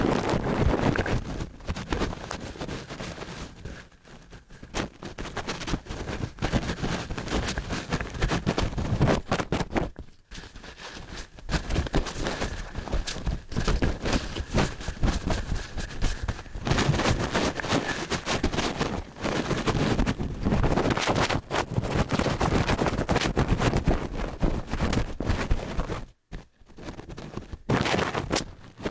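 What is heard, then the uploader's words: Dense brushing and rubbing, a steady scratchy rustle that fills everything from low rumble to bright hiss. It carries on nearly nonstop, pausing briefly around 4, 10 and 26 seconds before resuming with uneven strokes. ブラシASMR. ぞわぞわする耳かき. ティッシュでお掃除. Ear Cleaning/BRUSHING.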